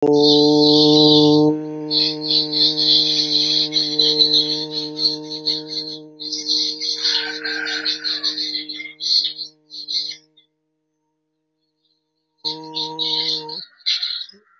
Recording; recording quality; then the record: sustained vowel as in boot; moderate, slight background noise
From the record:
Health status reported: COVID-19 positive, no symptoms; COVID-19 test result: positive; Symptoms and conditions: diabetes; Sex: male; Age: 47 years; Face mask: worn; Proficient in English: no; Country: India